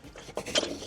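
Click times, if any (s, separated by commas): 0.4 s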